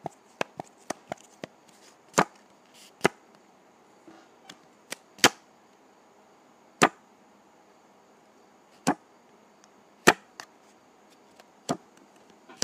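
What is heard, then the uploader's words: Dry putty being handled, heard as sharp, crisp clicks and snaps against a faint soft background rustle. A cluster of quick smaller clicks comes early, then louder single cracks land every second or two, near 2, 3, 5, 7, 9, 10 and 12 seconds. ASMR Dry Putty.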